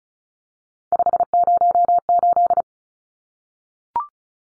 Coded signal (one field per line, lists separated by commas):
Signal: Morse code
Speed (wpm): 34 wpm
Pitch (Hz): 700 Hz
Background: none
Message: 508